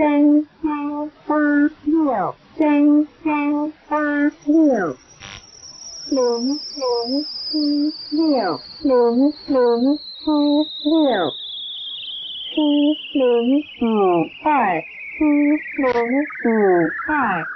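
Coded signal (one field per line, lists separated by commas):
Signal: numbers station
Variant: V13, Chinese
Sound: female voice reading short evenly spaced Chinese number syllables, with a slowly falling whistle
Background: radio static, heterodyne whistle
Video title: [SW] 13974 kHz - V13 Xing Xing Guangbo Diantai numbers station 🇹🇼 - Chinese numbers, Dec 8 2022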